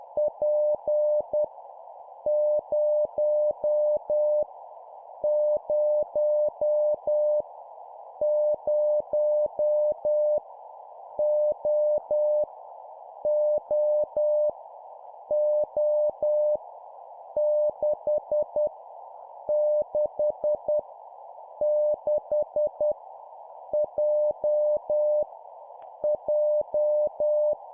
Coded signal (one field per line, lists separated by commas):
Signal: Morse code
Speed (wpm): 10 wpm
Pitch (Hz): 600 Hz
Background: none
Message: P 0 0 0 O O O 6 6 6 J J